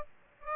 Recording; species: mosquito wingbeat signal from an infrared sensor; Aedes aegypti